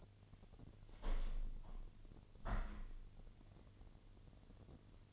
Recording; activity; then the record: daily activity, microphone in the room; open window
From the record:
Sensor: 4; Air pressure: 1007.2 hPa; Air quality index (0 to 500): 184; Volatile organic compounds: 5 ppm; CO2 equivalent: 1833 ppm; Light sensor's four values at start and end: 23/73/28/27 and 23/73/28/27